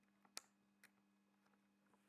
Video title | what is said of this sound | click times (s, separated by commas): Kato 3-516 E5 Series Shinkansen "Hayabusa" Model Train Pack (HO Scale) Review HD | then push firmly until you hear a click, like this. | 0.4 s